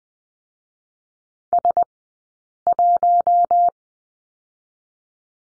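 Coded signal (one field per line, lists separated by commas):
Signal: Morse code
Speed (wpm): 19 wpm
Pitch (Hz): 700 Hz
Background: none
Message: S 1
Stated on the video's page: Morse lesson on the number 1 in two-character groups, Farnsworth spacing 20/10 wpm.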